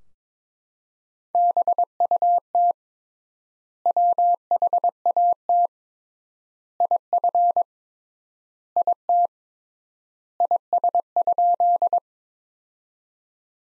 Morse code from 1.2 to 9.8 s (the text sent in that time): BUT WHAT IF IT